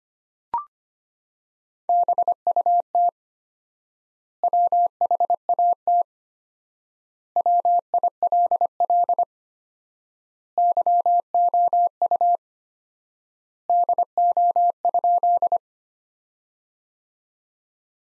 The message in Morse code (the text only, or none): BUT WHAT WILL YOU DO?